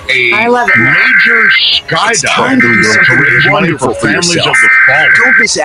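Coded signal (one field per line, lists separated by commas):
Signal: Emergency Alert System (SAME) tones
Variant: header bursts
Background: speech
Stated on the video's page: Los Angeles County Required Monthly Test relayed on KLOS, KFI, KNX, KBIG and KABC AM.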